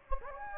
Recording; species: mosquito wingbeat signal from an infrared sensor; Anopheles gambiae